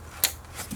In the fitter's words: our electrical connector to our mass air flow sensor i'm gonna hear a click